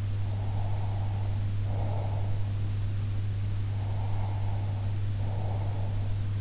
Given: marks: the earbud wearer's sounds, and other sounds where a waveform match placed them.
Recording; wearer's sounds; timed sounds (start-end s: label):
sounds in sleep by an in-ear microphone; breath
0.23-2.48 s: breath
3.71-6.17 s: breath